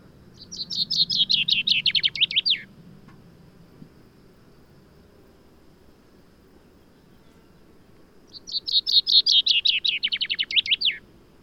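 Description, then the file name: Common chaffinch gives two songs roughly six seconds apart; each starts with rapid high notes, descends through a rattling trill and finishes with an emphatic flourish. "Fringilla coelebs"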